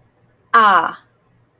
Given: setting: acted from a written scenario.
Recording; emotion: vocal sound without words; realization